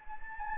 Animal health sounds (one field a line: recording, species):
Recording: mosquito wingbeat signal from an infrared sensor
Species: Anopheles gambiae